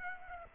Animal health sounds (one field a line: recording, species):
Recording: mosquito wingbeat signal from an infrared sensor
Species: Aedes aegypti